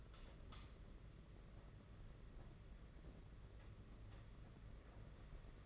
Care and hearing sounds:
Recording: daily activity, microphone in the room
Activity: light on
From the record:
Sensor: 4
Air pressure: 992.7 hPa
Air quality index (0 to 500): 172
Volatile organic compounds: 286 ppm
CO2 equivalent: 4451 ppm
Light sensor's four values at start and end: 5/10/4/4 and 4/8/3/3

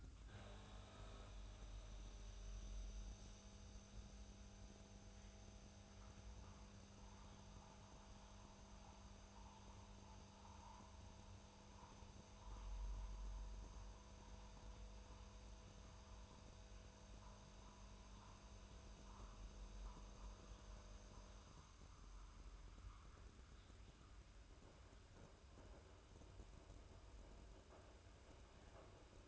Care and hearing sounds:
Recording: daily activity, microphone in the room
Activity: make coffee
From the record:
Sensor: 2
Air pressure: 994.3 hPa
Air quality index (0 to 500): 207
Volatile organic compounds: 1000 ppm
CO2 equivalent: 6838 ppm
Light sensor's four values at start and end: 128/304/128/131 and 87/204/84/82

